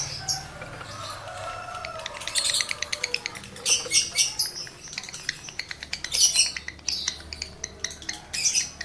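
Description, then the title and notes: Lovebird chattering song, shrill scratchy squeaks and fast ticking trills repeated in short bursts. Male lovebird in breeding condition; the song is used as a lure to prompt other lovebirds to sing. "Birahi Lovebird Jantan ke Gacor. Pancingan Suara Lovebird jantan birahi ini sangat manjur untuk burung Lovebird Anda"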